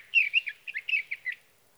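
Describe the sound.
Sage thrasher song, a rapid chain of varied warbled and chirped notes running for over a second, then quiet.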